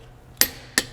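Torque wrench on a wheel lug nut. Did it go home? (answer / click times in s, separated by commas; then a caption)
yes / 0.4 s. A click-type torque wrench set to about 100 ft-lb tightens a lug nut on a car wheel, re-torqued so the wheel is safely secured. Over a quiet background, a sharp, bright click at 0.4 s marks the nut reaching the set torque, followed by a second, slightly softer click at 0.8 s.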